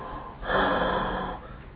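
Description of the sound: A single imitated breath: a steady, breathy airflow sound lasting about a second, then speech begins. It demonstrates the prolonged expiration heard in an adult with expiratory airway obstruction, such as chronic bronchitis, where breathing out changes from passive to active and becomes very prolonged.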